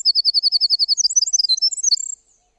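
Winter wren song, a steady high trill of repeated notes that tumbles into a rapid jumble of tinkling twitters, lasting about two seconds.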